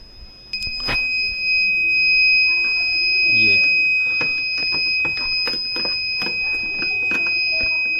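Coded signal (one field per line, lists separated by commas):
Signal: beep code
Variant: Kent RO water purifier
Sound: an unbroken high-pitched electronic beep held throughout while a person talks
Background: speech, small room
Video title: how to reset kent RO || BEEP SOUND PROBLEM #shorts #1million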